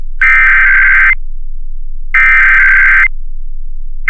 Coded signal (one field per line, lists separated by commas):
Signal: Emergency Alert System (SAME) tones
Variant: header bursts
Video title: EAS #63: February 2023 Ohio Required Monthly Test on WBNS FM